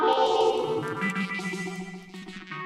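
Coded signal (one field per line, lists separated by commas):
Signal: none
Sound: guitar notes in music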